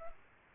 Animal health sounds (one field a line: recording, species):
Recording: mosquito wingbeat signal from an infrared sensor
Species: Aedes aegypti